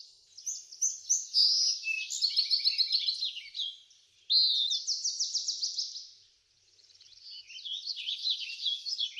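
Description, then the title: Birds singing: high, fast trilled phrases and chirps in two bursts, a short quiet gap, then twittering resumes. Backyard. "Backyard Birds - Ambient Nature Bird Sounds"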